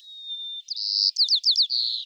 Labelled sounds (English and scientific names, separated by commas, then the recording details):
White-crowned Sparrow (Zonotrichia leucophrys) song
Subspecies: nuttalli
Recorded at Morro Bay, California, in 2014
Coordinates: 35.368, -120.866
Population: south
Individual MORR_maleF_14